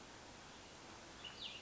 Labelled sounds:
Cassin's Vireo (Vireo cassinii)
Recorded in Sonoma County, California

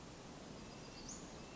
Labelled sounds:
Western Flycatcher (Empidonax difficilis)
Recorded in Sonoma County, California

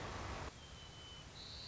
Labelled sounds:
White-crowned Sparrow (Zonotrichia leucophrys)
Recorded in Sonoma County, California

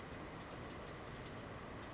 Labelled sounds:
Brown Creeper (Certhia americana)
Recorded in Sonoma County, California

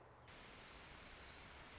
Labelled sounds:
Orange-crowned Warbler (Leiothlypis celata)
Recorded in Sonoma County, California

